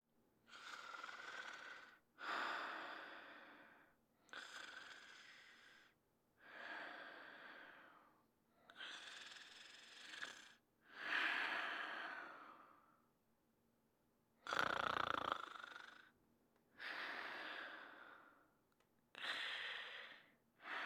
Man Snoring.